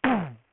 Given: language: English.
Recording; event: throat vibration sensor signal played as sound; throat clearing